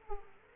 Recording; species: mosquito wingbeat signal from an infrared sensor; Aedes aegypti